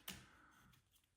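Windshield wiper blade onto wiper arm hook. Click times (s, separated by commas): 0.1 s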